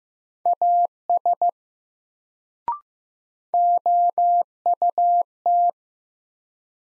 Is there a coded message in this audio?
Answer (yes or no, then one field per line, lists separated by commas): yes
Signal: Morse code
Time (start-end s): 0.5-5.7 s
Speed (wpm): 15 wpm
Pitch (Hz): 700 Hz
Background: none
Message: AS OUT